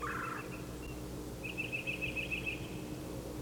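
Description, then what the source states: Titmouse calls: a brief lower burst, then a quick run of short, high, bright notes for over a second, over a steady low hum. Calling and getting an answer in a back-and-forth exchange, pumping its tail while it calls, in a bare turkey oak with a mixed flock.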